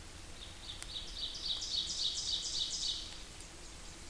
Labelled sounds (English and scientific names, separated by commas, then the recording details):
Ovenbird (Seiurus aurocapilla) song
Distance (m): 40 m
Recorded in boreal forest in Alberta, Canada, on 8 June 2016 at 08:58
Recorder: SongMeter 3, array SBT-3-9
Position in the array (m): 50 m, 107 m
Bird 33